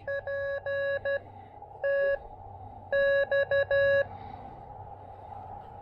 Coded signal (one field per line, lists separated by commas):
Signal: Morse code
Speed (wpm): 12 wpm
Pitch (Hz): 1110 Hz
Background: none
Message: P T X